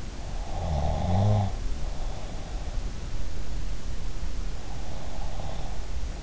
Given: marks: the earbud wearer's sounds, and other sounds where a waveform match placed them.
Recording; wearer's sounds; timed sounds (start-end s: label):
sounds in sleep by an in-ear microphone; snoring breath
0.48-2.46 s: snoring breath